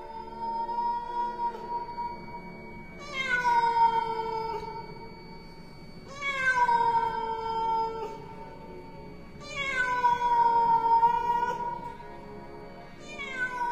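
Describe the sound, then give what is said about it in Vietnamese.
A big black cat lets out four long, eerie yowls in the dark of night, each a drawn-out wavering wail that rises and falls in pitch, separated by brief pauses over a low steady hum. “Sau lưng của nó lù lù xuất hiện một con mèo đen to đùng đùng, kêu lên meo meo rất đáng sợ.”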